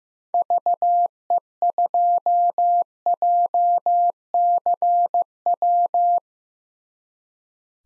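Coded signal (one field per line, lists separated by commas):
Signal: Morse code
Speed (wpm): 15 wpm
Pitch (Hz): 700 Hz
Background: none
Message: VE2JCW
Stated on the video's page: Morse code head-copy drill at 15 wpm of common SOTA chaser call signs, each sent, spoken, then sent again.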